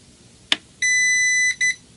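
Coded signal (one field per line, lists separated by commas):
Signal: beep code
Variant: CyberPower UPS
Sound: a button click, then a long high beep followed by one short beep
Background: small room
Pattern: 1 long, 1 short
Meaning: The second short beep means you can release the power button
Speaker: when you hear that second short beep, that's when you can let go of the power button.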